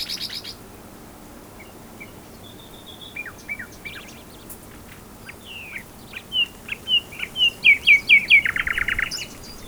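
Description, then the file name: Common nightingale song: faint scattered notes build into a loud series of whistled chirps ending in a buzzy burst. "Luscinia megarhynchos"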